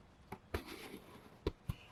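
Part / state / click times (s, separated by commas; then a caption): micrometer ratchet thimble closing on a transmission part / torque reached / 0.3 s, 0.5 s, 1.5 s. An outside micrometer's ratchet thimble is turned to close its metal anvils on an Integra GS-R transmission part. The ratchet slips with three sharp small clicks at 0.3, 0.6 and 1.5 seconds, followed by a softer, duller knock at 1.7 s. The three clicks mark the right measuring pressure, and the part reads about 7.45 mm, within the 7.4 to 7.6 mm standard.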